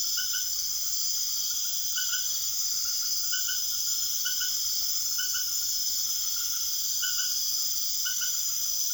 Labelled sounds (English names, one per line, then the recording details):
none
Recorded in secondary vegetation near Puerto Asís, Putumayo, Colombia, on 22 June 2025 at 20:30
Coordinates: 0.500, -76.326
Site GP08